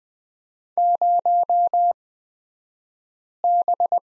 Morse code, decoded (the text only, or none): 0B